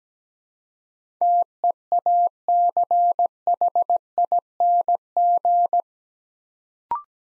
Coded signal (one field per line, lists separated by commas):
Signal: Morse code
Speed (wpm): 17 wpm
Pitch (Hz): 700 Hz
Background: none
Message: TEACHING